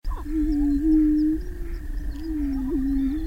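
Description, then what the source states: Greater Prairie-Chicken calls: a low, hollow hooting drone with slight wavers, held almost without a break. Prairie chickens at a prairie restoration site near Crookston, Minnesota, watched from observation blinds on May 6th.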